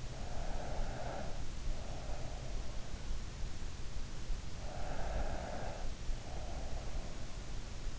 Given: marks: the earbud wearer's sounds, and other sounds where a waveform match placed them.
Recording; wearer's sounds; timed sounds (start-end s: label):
sounds in sleep by an in-ear microphone; breath
0.00-2.66 s: breath
4.59-7.09 s: breath